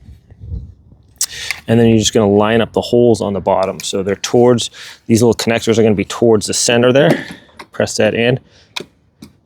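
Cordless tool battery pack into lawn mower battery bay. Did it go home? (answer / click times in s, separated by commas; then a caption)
yes / 8.8 s. Someone talks while the first 20V battery pack is lined up with its connectors toward the center and pressed down into the battery bay of a Litheli 40V 16" cordless electric lawn mower. A sharp click at 8.8 s marks the pack latching, and it is seated.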